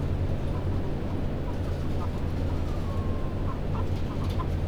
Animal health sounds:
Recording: poultry house recording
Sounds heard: healthy chickens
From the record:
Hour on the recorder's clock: 21

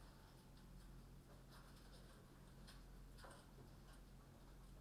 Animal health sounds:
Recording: poultry house recording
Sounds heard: no chicken sound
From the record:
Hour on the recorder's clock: 22

